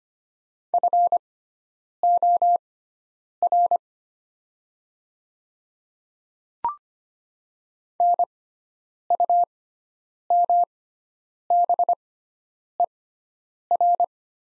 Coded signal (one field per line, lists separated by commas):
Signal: Morse code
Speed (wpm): 25 wpm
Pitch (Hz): 700 Hz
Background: none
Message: FOR NUMBER